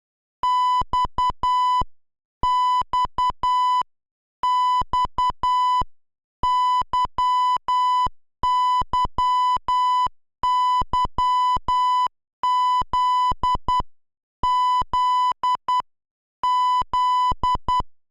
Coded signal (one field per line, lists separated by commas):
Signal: Morse code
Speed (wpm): 10 wpm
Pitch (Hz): 1000 Hz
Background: music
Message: XXX YYY ZZZ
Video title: [8-bit/2A03] Morse Code Tracing